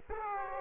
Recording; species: mosquito wingbeat signal from an infrared sensor; Aedes aegypti